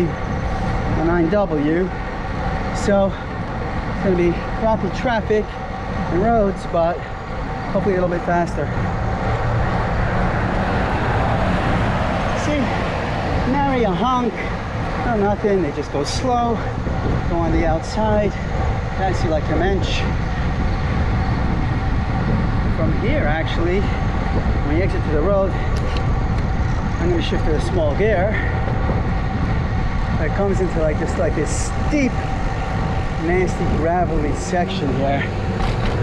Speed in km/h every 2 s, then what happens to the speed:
23, 23, 23, 23, 21, 19, 19, 21, 23, 24, 24, 26, 24, 23, 21, 21, 16, 15.
0-25 steady at about 23. 25-36 slows to 15.